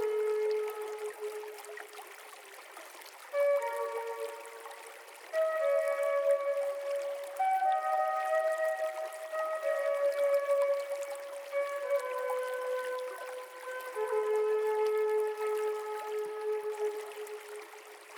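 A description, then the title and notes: Soft, overlapping flute notes drift slowly between mid and higher pitches, held and sliding, over a faint, steady trickle of running stream water. Flutes over a gentle running stream in the background.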